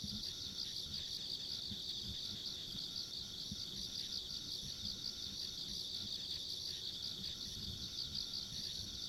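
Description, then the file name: Insects in a dense, steady chorus: a continuous high shimmering buzz with pulsing trills above it, over a soft low rumble. Ambient insect sounds along a rural country road. "田舎道の虫の環境音"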